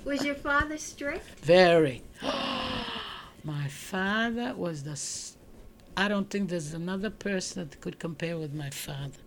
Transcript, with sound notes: Was your father strict? ( she gasps )
My father was the, I don't think there was another person that could compare with my father.